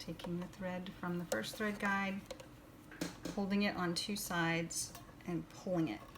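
Someone talks while the upper thread on a Singer 6215C sewing machine is taken from the first thread guide, held taut on both sides and pulled down toward the thread guide. A few faint handling sounds come around 2.9–3.3 s and a couple of tiny ticks at the very end. Nothing has snapped into place yet.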